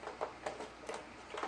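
A brush assembly is being pushed back into the plastic housing of an iRobot Scooba floor-mopping robot, a part that does not always go in straight. Light plastic knocks and taps land at about 0.2, 0.5, 0.9 and 1.4 s, with the last one ringing slightly longer. The assembly has not seated or clicked into place yet.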